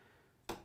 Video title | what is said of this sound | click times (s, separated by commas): Natasha Makes - Block of the Month: Seastorm 7th April 2021 | so now i'm going to do is put it into the straight stitch mode so putting the straight stitch feed again that just clips into place | 0.5 s